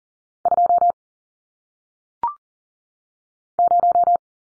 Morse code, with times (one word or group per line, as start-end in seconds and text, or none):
0.5-0.9 2
3.6-4.2 0